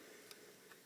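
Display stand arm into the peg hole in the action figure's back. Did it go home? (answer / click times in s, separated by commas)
yes / 0.3 s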